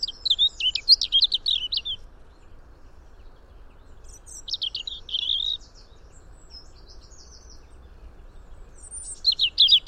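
European robin song: three thin, high, tumbling phrases of twittering notes, each one to two seconds long and separated by pauses, the last cut off at the end, over a constant low hum.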